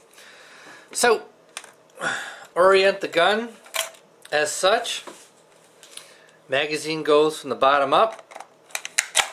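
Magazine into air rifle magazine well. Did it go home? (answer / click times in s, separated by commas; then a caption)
yes / 9.0 s. A plastic magazine is pushed from the bottom up into the magazine well of a Winchester M-14 .177 caliber dual ammo semi-automatic pellet rifle while someone talks. A short series of small clicks ends in a sharp click at 9.0 s as the magazine locks into place.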